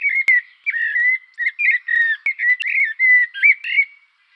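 Bird song of clear whistled notes near one pitch, bending and wavering, delivered in quick short phrases about three per second, with a few sharp clicks and no other sounds.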